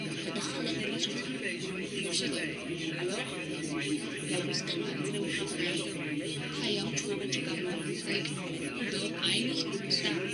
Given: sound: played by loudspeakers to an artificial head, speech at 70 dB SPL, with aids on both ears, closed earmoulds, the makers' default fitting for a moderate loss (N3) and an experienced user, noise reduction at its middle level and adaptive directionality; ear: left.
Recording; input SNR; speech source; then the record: speech test signal (ISTS) in cocktail-party noise; -6 dB; on the right (90 degrees)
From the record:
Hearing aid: class 2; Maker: B